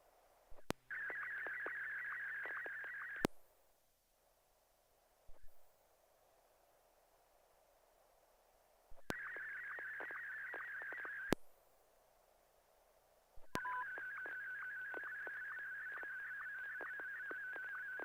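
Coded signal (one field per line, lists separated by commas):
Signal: SSTV (slow-scan television)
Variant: Martin 1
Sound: three bursts of warbling, buzzy tone with rapid regular ticks, cut by silent gaps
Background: FM radio squelch bursts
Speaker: Can you try sending that one more time? We'll see how it works. One more time, Ken.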